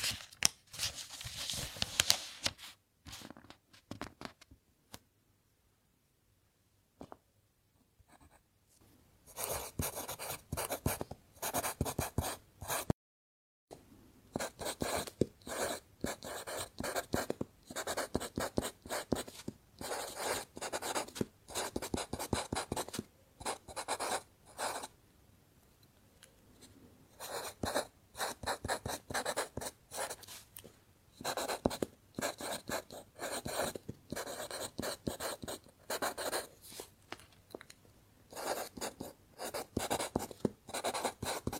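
A pencil writes in quick scratchy strokes, a dense rustle of short bright scrapes. It falls almost silent from about 4 to 9 seconds, with a brief full break near 13 seconds and a lighter dip around 25, then the busy writing resumes.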